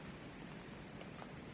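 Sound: light drizzling rain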